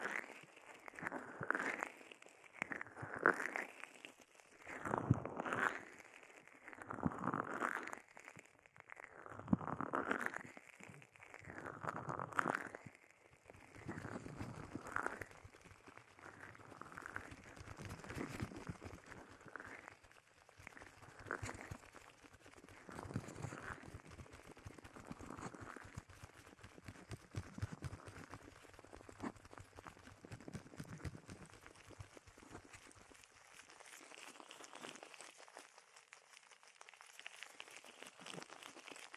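Bubble wrap and a sponge being rubbed and squeezed, dense irregular crackling with strong swelling squeaks early, settling into softer steady rustling later.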